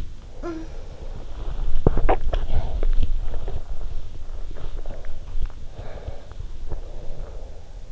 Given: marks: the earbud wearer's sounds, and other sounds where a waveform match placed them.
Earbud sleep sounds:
sounds in sleep by an in-ear microphone; body movement, teeth grinding, breath
0.00-7.92 s: sound from someone else or the room
0.55-7.30 s: body movement
1.72-2.75 s: teeth grinding
3.41-5.23 s: breath
5.68-7.92 s: breath

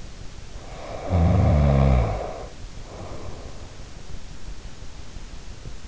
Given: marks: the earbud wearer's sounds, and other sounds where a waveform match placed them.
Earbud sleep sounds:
sounds in sleep by an in-ear microphone; snoring breath
0.76-3.72 s: snoring breath

